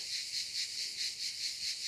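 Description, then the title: Cicada song: a steady, high, hissing buzz that swells and fades in regular pulses, about four each second. "cigales"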